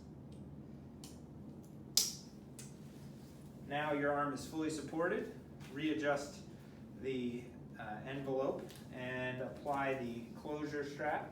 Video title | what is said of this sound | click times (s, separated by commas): How to Use Your Shoulder Immobilizer | snap into place now | 2.0 s